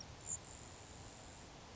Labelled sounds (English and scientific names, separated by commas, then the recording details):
Grasshopper Sparrow (Ammodramus savannarum)
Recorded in Sonoma County, California